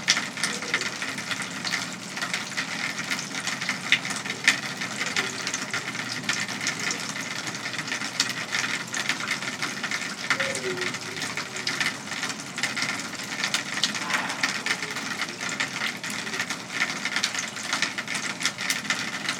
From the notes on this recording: A thunderstorm rolls in the distance as heavy rain floods the gutters and downspouts outside a home in West Michigan.